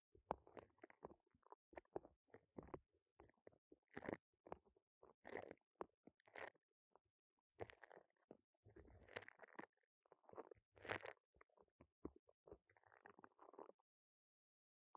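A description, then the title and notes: Ear cleaning with foam clay: a dense run of short squishy, crackling pops and soft rustles, packed tightly from the start until about 14 seconds, then silence. Some bursts are brighter and louder, around 4, 5.5, 8 and 11 seconds, over faint low rumbling. ASMR Ear Cleaning clogged with Foam Clay (No Talking).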